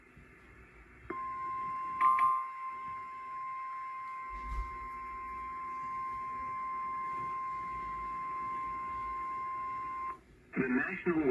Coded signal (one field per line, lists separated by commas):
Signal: Emergency Alert System (SAME) tones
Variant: 1050 Hz attention tone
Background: speech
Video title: (ARCHIVED) Why Louisiana?! EAS alerts #11-20 from 4/15/2023